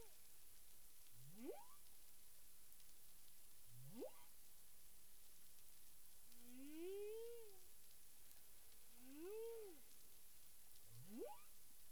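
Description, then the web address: Humpback whale sounds mix sharp upward whoops with slower arching moans, five units spaced about two to three seconds apart against constant underwater noise. Caribbean, 9 April 2002, 18:36 UTC. "CARIMAM clean data humpback whale"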